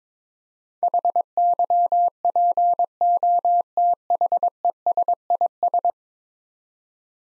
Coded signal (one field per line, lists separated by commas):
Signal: Morse code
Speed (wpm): 22 wpm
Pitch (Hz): 700 Hz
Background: none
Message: HYPOTHESIS